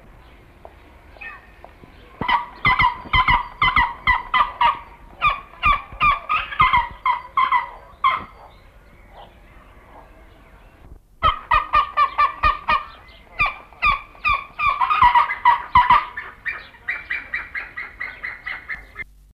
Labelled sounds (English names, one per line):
Pallas's Fish Eagle call